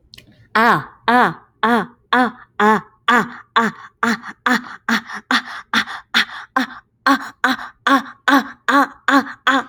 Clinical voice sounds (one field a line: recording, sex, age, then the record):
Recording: vowel held as long as possible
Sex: male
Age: 30 to 39 years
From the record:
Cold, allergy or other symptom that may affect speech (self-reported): no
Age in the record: 32 years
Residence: North Carolina, United States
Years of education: 16